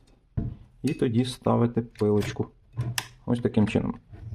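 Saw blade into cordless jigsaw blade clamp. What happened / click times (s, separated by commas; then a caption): Handled, not yet home: blade being inserted into clamp, no lock click yet / none. A saw blade is being inserted into the quick-release blade clamp of a LEADER Lite BD20-65M cordless jigsaw after the lever is pressed and the plastic guard removed. Someone talks throughout, with only a faint handling tick near 0.1 s. The blade has not locked or seated yet.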